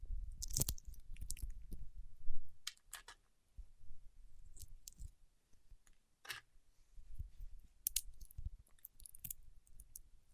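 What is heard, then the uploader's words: Wax-coated fingertips press and pull apart, giving sticky, squishy crackles and sharp clicks at an irregular pace. The loudest bursts come near the start and just past two seconds, with soft low thumps and brief quiet gaps between the tacky snaps. ASMR with Wax Fingertips for Sleep (No Talking).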